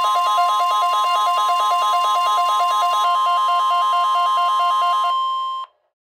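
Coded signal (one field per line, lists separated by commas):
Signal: Emergency Alert System (SAME) tones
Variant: 1050 Hz attention tone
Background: music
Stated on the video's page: Required Weekly Test on NOAA Weather Radio received live on a radio during an NWS system malfunction, alarms repeating across all area transmitters.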